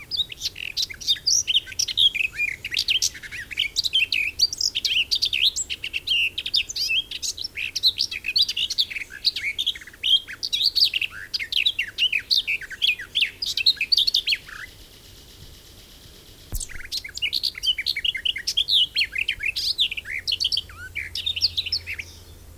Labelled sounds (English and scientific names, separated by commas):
Garden Warbler (Sylvia borin) song